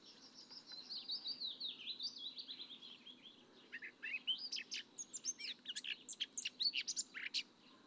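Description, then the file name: Eurasian blackcap song, fairly soft: an even twittering run of notes at first, then a louder burst of sharp, scratchy chips and whistled notes over faint background hiss. "Sylvia atricapilla"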